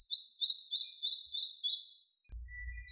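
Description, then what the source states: Red-breasted flycatcher song, a quick series of high, clear repeated notes fading over about two seconds, then a brief pause and a few more notes over a low hum. Slovenia.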